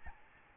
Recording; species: mosquito wingbeat signal from an infrared sensor; Aedes albopictus